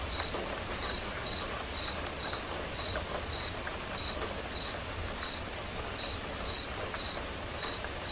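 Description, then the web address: Cricket chirps, short high pulses repeated at a steady pace, over a continuous hiss of quiet rain. Crickets chirping as accompaniment to a quiet rain. "som de chuva silenciosa com acompanhamento de grilos"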